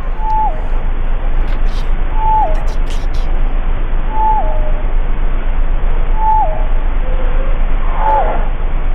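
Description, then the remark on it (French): A blue whale vocalization: five short, moaning tonal calls that each bend downward in pitch, repeating about every two seconds over a constant hissing noise background. “Alors, oui, c'est vocalise de baleine bleue.”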